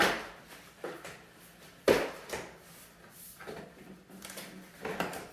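A cordless window blind's metal headrail is handled and pushed up toward its wall or ceiling mounting bracket, producing a series of sharp knocks and rattles, loudest at the start and again around 1.9 s, with smaller taps in between. The clip ends before the headrail locks in, so nothing has seated or clicked into the bracket yet.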